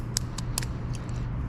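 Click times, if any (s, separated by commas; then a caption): 0.2 s. During an LS cam install on a 2005 Corvette, plastic lifter guide trays are tapped down into the engine block lifter valley so they lock into place, to make sure they snap in. A series of sharp, bright taps sounds over a low hum, with the loudest snap at 0.2 s and lighter taps around 0.4, 0.6 and 0.9 s. The tray seats with a snap at 0.2 s.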